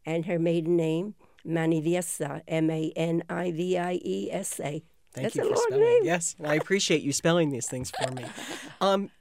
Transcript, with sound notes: And her maiden name, Maniviesa, M-A-N-I-V-I-E-S-A. That's a long name (laughing)
Yes. I appreciate you spelling these things for me.